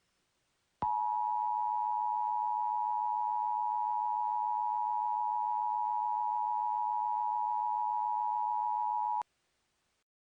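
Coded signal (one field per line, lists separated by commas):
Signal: Emergency Alert System (SAME) tones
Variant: 853 and 960 Hz attention tone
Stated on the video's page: Fictional EAS scenario.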